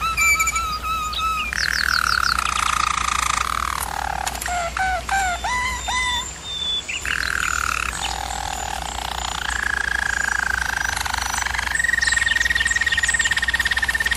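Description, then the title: German Roller canary song: rolling trills and tours shifting pitch every couple of seconds, slurred whistled notes near the start and middle, faint high chirps above. German Roller canary singing, for canary training. "German Roller Canary Singing - Canary Training Vid"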